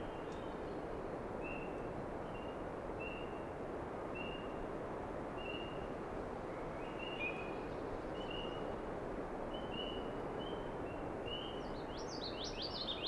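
An evening wetland chorus, with short, thin bird notes repeating every second or so through the clip, faint. A steady low rumble fills the background throughout, and a brighter burst of rising chirps appears near the end.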